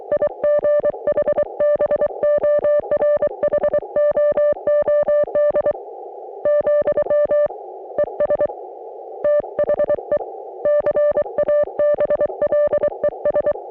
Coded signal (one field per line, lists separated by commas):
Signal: Morse code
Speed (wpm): 23 wpm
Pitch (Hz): 560 Hz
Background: music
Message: IGHBORHOOD , ES THE CABLES